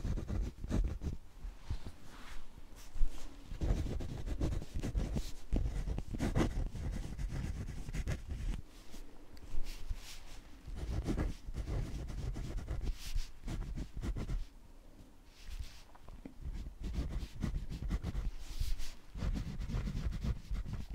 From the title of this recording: Pure Writing Sounds ASMR Satisfying • Glass • Fountain • Ballpoint • Gel